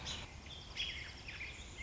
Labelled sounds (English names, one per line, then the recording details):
American Robin
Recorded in Sonoma County, California